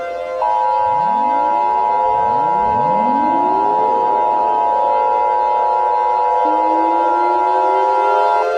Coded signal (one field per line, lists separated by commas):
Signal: Emergency Alert System (SAME) tones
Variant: 853 and 960 Hz attention tone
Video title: EAS Scenario #57: Project Gray